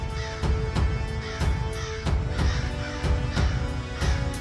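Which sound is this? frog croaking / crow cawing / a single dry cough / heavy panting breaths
crow cawing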